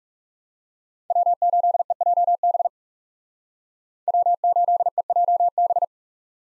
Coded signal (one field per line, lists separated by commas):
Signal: Morse code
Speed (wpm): 39 wpm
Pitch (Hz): 700 Hz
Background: none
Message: W8EJB W8EJB